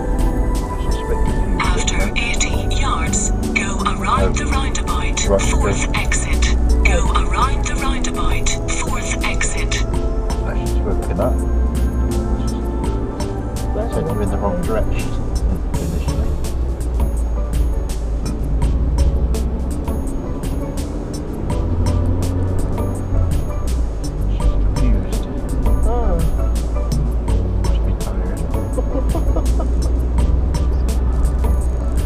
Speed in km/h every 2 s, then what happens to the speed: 26, 24, 23, 18, 11, 10, 11, 13, 11, 11, 15, 16, 18, 19, 19, 21.
0-9 slows to 10. 9-32 speeds up to 21.